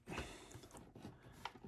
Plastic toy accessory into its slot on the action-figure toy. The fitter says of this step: and it fits in it doesn't snap in or anything and even if you raise the uh